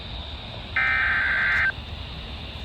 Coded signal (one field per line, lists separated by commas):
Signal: Emergency Alert System (SAME) tones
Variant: header bursts